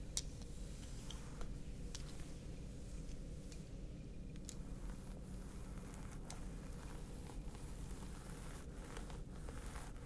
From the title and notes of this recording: ASMR Stress Relieving Scalp Massage ASMR.